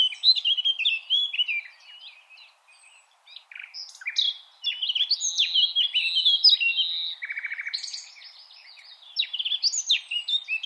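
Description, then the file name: Common nightingale song with loud, varied phrases of whistles, trills and sharp notes separated by short pauses, including a quick rattling run of repeated notes. "Luscinia megarhynchos"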